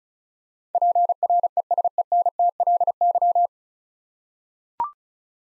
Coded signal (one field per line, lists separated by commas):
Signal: Morse code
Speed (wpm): 36 wpm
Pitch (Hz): 700 Hz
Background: none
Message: PRESENTLY